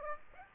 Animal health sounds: mosquito wingbeat signal from an infrared sensor; Aedes aegypti

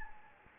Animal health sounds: mosquito wingbeat signal from an infrared sensor; Anopheles gambiae

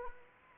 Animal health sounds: mosquito wingbeat signal from an infrared sensor; Anopheles arabiensis

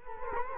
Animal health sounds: mosquito wingbeat signal from an infrared sensor; Culex quinquefasciatus

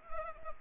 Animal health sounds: mosquito wingbeat signal from an infrared sensor; Anopheles arabiensis

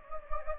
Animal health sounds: mosquito wingbeat signal from an infrared sensor; Anopheles gambiae

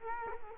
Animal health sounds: mosquito wingbeat signal from an infrared sensor; Culex quinquefasciatus

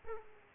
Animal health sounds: mosquito wingbeat signal from an infrared sensor; Aedes aegypti

